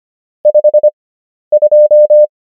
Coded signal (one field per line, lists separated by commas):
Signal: Morse code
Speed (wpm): 25 wpm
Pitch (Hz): 600 Hz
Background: none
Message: 52